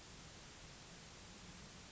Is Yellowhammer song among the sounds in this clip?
no